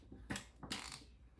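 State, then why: Seated. The clamp of a Micolor 20 oz double mug heat press, made to do two porcelain mugs at once, is closed and latches onto the press body with a sharp click at 0.3 s. Fainter mechanical knocks follow around 0.6–0.7 s, 0.9 s and 1.4 s. The latch is shut, and the press starts counting time once it is closed.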